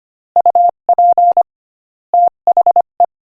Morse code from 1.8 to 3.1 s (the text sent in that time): THE